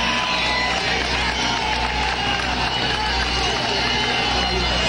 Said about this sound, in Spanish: Los briqueteros gritan desde allá.